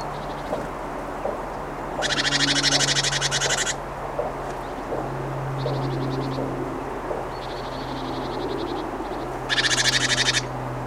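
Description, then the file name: Great tit harsh churring: two loud buzzy bursts several seconds apart, with fainter pulsed notes between, over steady low hum and background noise. "Parus major"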